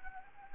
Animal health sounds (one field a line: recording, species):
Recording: mosquito wingbeat signal from an infrared sensor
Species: Anopheles gambiae